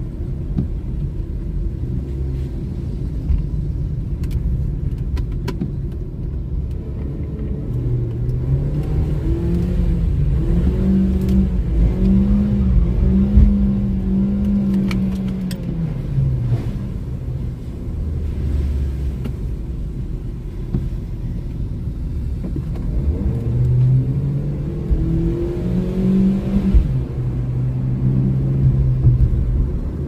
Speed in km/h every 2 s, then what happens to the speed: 35, 36, 38, 34, 46, 48, 54, 52, 43, 34, 27, 36, 49, 60, 63.
0-6 steady at about 35. 6-13 speeds up to 54. 13-21 slows to 27. 21-27 speeds up to 63.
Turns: 0-13, 19-23.